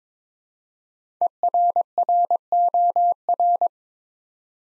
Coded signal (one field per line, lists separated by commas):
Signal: Morse code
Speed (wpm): 22 wpm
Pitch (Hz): 700 Hz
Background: none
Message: ERROR